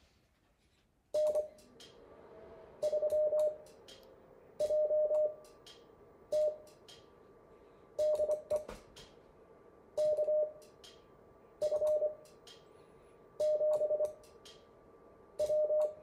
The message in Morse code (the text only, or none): N3JT DE KF7W